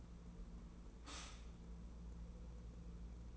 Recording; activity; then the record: daily activity, microphone in the room; stop toaster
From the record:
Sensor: 1